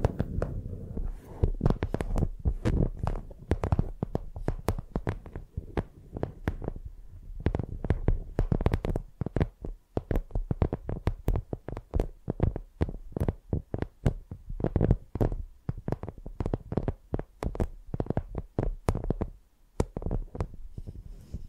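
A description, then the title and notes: Microphones used as pencils knock and scrape in a dense, irregular run of taps that lasts the whole way through. Each hit is a dull low thump with a bright click on top, and a low hum sits underneath. Brief lulls come near 10 and 19 seconds. Using Mics as Pencils (No Talking).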